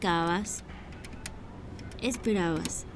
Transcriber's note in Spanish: sonido: alguien presionando teclas de un teléfono